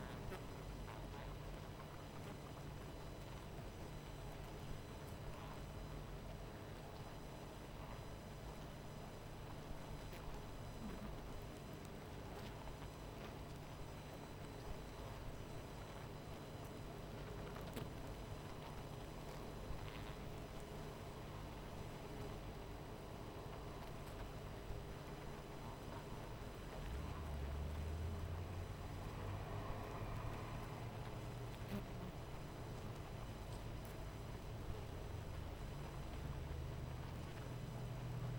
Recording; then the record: honeybee colony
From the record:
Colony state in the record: missing queen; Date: 14 July 2017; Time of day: 18:30